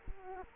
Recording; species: mosquito wingbeat signal from an infrared sensor; Culex quinquefasciatus